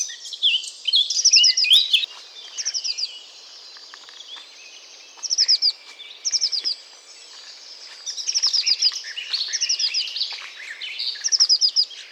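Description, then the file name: Eurasian blue tit calling in short bursts of four to six quick, high, descending notes at irregular intervals over a busy background chatter. "Cyanistes caeruleus"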